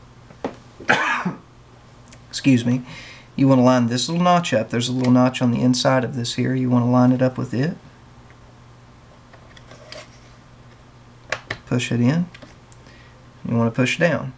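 A second memory stick is held at a laptop SO-DIMM slot and lined up so its notch matches the key inside the slot, ready to be pushed in. Someone talks throughout, with a throat clear near the start and a few faint handling taps around 8.3–12.7 s. No seating click is heard, and the module has not clicked into place yet.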